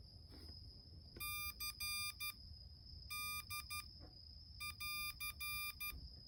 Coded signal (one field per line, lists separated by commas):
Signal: Morse code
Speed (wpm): 12 wpm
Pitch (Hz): 2400 Hz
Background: none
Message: CD<AR>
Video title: M5Stack Morse code decoder & encoder